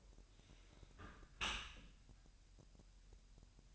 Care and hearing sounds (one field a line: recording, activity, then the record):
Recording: daily activity, microphone in the room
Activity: close dishwasher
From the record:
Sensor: 2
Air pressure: 1000.3 hPa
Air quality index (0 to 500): 246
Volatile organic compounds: 90 ppm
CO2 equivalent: 3682 ppm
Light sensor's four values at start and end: 9/21/8/8 and 9/21/8/8